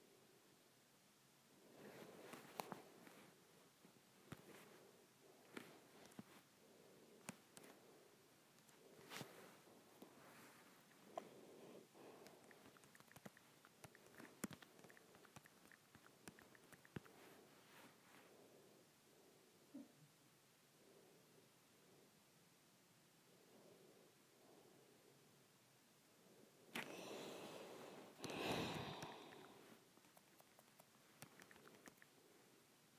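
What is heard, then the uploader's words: Fingers tap on an iPad screen in irregular sharp clicks, sometimes singly, sometimes in quick clusters, over a soft rustling hiss. Around the 27-second mark a louder, denser burst of scraping and tapping rises for a couple of seconds, then the light taps resume. IPad Screen Tapping.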